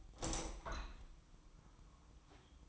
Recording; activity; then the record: daily activity, microphone in the room; open window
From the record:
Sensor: 1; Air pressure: 1004.6 hPa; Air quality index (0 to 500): 120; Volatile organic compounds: 4 ppm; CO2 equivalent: 1659 ppm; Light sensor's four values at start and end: 8/20/8/8 and 9/21/8/9